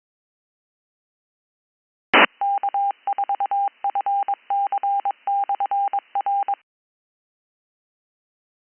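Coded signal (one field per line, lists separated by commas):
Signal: Morse code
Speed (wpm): 22 wpm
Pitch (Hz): 800 Hz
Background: none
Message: K4FC/R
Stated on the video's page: Off-air recording of an amateur radio net, recorded while monitoring open bands.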